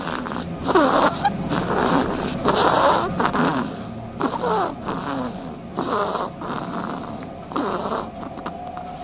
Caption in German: Eine schnarchende Haselmaus.